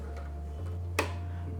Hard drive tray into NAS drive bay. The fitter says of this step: যখন আমরা একটা ক্লিক সাউন্ড শুনবো তখন আমরা বুঝবো যে এটা ভালোভাবে লক হয়েছে